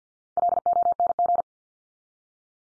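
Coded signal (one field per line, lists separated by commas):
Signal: Morse code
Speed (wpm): 48 wpm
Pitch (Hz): 700 Hz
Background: none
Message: LONG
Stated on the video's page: Morse head-copy drill of the 100 most common English words at 50 wpm, each word sent three times, then spoken, then sent again.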